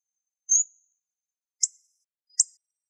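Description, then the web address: Hawfinch calls: three short, very high, sharp ticking notes, the first slightly longer and thinner, in silence. "Coccothraustes coccothraustes"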